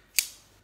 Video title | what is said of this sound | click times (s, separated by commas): Naturehike Cloud Up 1 Tent Review - Part 1 | everything seems to just snap into place. | 0.2 s